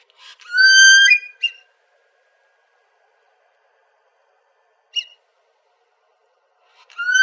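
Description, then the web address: Fulvous whistling-duck calls: a drawn-out rising whistle that cracks upward, a brief squeak after it, a lone chip near five seconds, then another rising whistle starting at the end. Recorded 25 February 2006. "Ducks Geese Swans FUWD 022506"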